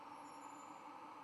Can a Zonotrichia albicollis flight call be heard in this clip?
no